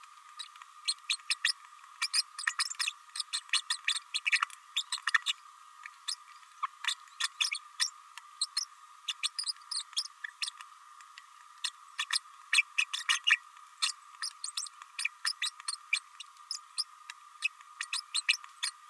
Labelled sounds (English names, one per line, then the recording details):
Green-rumped Parrotlet babbling
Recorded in a nest box in Venezuela
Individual 18B104A5